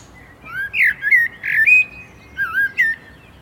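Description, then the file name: Common blackbird song: mellow fluted whistles around the middle range, rising and falling in short warbled phrases, with brief pauses between them. "Turdus merula"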